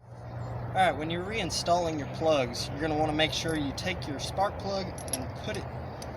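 Someone talks while handling a spark plug during reinstallation on a 2018 Ford F-150 3.5L EcoBoost, about to push it into a rubber-insert spark plug socket until it clicks and is held, so it won't fall out and knock the gap out of alignment. Faint handling sounds are heard under the voice. Nothing has seated or clicked yet.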